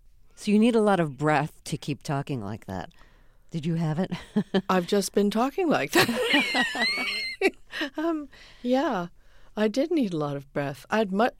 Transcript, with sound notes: So you need a lot of breath to keep talking like that. Did you have it?
I've just been talking like that (laughter). Yeah, I did need a lot of breath.